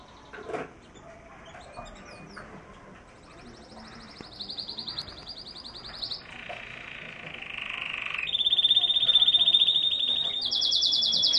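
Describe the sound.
Canary singing, starting quietly and growing louder through a chain of rapid trills that change pitch every second or two.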